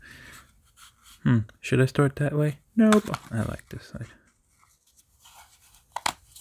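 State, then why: Seated. A silver coin in its plastic capsule is pushed down into a display holder while someone talks. Two sharp clicks sound at 6.0 and 6.1 seconds, and the capsule seats in place.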